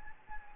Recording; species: mosquito wingbeat signal from an infrared sensor; Anopheles gambiae